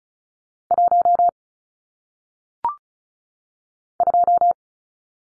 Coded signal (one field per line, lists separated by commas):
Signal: Morse code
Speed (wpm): 33 wpm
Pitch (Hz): 700 Hz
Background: none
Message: 1 2